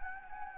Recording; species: mosquito wingbeat signal from an infrared sensor; Anopheles gambiae